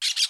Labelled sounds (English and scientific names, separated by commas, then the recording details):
Brown-throated Parakeet (Eupsittula pertinax) contact call
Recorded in Aruba
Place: hill w/tanki N of Savaneta
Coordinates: 12.461, -69.944